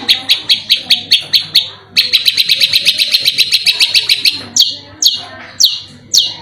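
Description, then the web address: Long-tailed shrike song: a run of sharp repeated chips, then a fast rattling trill, ending with spaced downslurred notes. Masteran (training recording) of cendet song. "masteran cendet"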